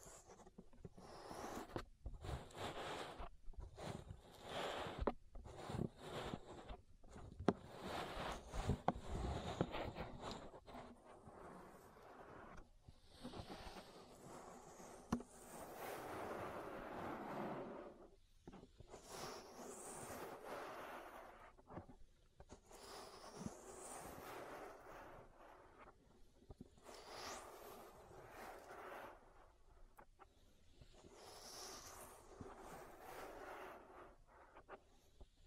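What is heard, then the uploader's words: An ear massage: dense rubbing and rustling comes in irregular strokes, some sharp and scratchy, others softer and smoother. Short silent gaps break up the strokes, which grow longer and gentler after the first fifteen seconds and keep a steady pace to the end. (No Talking). Ear Massage.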